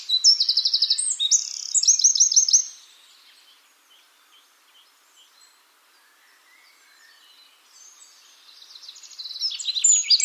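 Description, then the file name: Eurasian wren bursting into a fast, shrill trilling phrase, a long near-silent gap with faint notes, then another loud rattling phrase starting at the end. "Troglodytes troglodytes"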